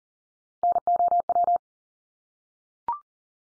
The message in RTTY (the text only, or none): none